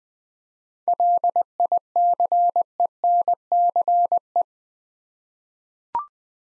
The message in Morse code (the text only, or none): LICENCE